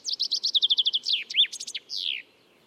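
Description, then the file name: Common chaffinch song: a rattling run of quick, high notes sliding lower, then a brief jumbled phrase and a final downward flourish, heard once against a quiet background. "Fringilla coelebs"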